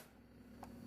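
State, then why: Seated. A loaded 20-round magazine is pushed firmly into the magazine well of a RAP4 M4 RAM .43 caliber paintball marker over a steady low hum. A short, sharp snap at 0.6 s marks the magazine seating tightly in place, which keeps it from dropping out.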